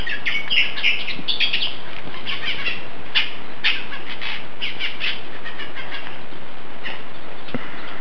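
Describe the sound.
Bird calls, bursts of quick, scratchy chirps that thin out after a few seconds, over a low background rumble.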